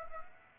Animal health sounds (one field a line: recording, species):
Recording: mosquito wingbeat signal from an infrared sensor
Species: Aedes aegypti